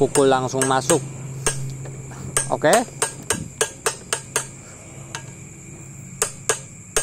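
Someone talks over a low steady hum while a front wheel bearing is driven into the metal wheel hub of a Satria FU motorcycle with a series of sharp hammer blows, striking around 1.5, 2.4, 3.3, 3.6, 6.2, 6.5 and 7.0 seconds. The bearing is still being hammered in and has not seated yet.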